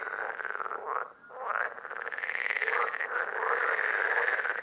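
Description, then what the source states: Parsley frogs in a dense, continuous chorus of rasping, pulsed croaks that overlap almost without pause. Several frogs recorded at Lerouville, Lorraine, France, on 5 June 2022.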